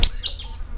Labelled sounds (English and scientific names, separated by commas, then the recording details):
Stitchbird (Notiomystis cincta) song
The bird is a male
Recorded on Tiritiri Matangi Island, New Zealand, in 2005
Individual 22, of nest box 31